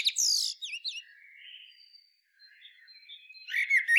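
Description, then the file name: Common blackbird with a few sharp, downslurred high chirps, a faint thin whistle and soft warble, then a renewed burst of chirps at the end. "Turdus merula"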